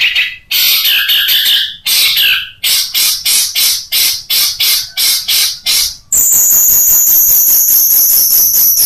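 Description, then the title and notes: Long-tailed shrike gives scratchy phrases, then a steady series of harsh notes, ending in a high, thin, continuous trill. Cage-bird training recording of the 'tembakan' song style, variation 1. "Suara Burung Cendet Tembakan Variasi 1. Masteran Burung Cendet"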